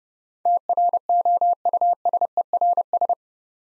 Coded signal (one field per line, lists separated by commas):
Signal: Morse code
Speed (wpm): 30 wpm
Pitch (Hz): 700 Hz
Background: none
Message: TROUSERS